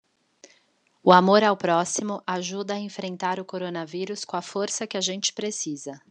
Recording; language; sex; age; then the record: spoken sentence; Brazilian Portuguese; female; 30 to 39 years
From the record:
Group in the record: control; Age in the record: 36 years